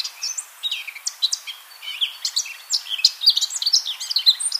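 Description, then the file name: Eurasian blackcap song: a continuous run of rapid, varied, high chirps and twittering notes with quick slurred whistles, densely packed throughout. "Sylvia atricapilla"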